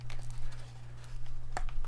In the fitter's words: with a little click